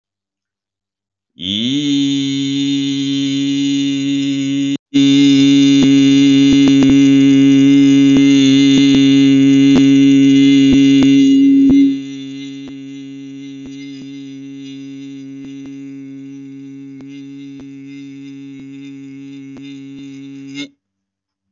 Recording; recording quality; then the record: sustained vowel as in beet; excellent, no background noise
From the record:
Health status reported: healthy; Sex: male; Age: 40 years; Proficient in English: yes